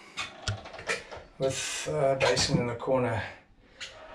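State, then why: Seated. On a Balance 601 Adventure Catamaran ("Lyra Noa"), the storage curtain in the forepeak is pulled down and its fastener pops into its mount with one sharp hit at 0.5 s. Someone talks through the rest of the clip. The curtain fastener is seated in place.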